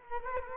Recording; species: mosquito wingbeat signal from an infrared sensor; Culex quinquefasciatus